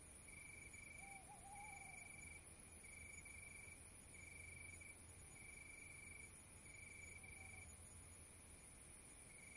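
Crickets chirping: a steady high trilled tone broken into repeated pulses, over a constant hiss and low hum, with a brief wavering note early on.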